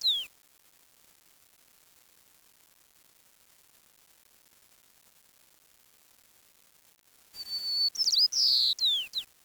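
Bird calls: a high descending whistle at the start, a long silence, then a burst of high whistles and sweeping slurs in the final two seconds.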